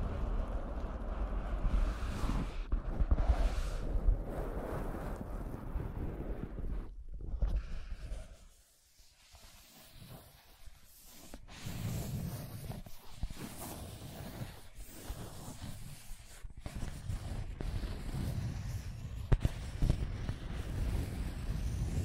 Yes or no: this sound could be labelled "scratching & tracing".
yes